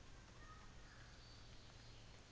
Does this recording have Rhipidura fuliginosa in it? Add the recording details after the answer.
no. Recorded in New Zealand on 24 December 2018. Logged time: 10:15